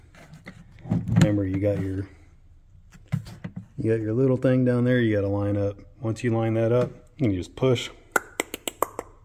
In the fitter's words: it all just pops right in together with each each other